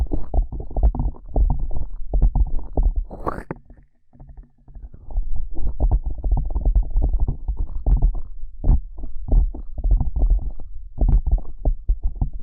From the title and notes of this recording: Extremely Tingly Ear Cupping Triggers ASMR (No Talking).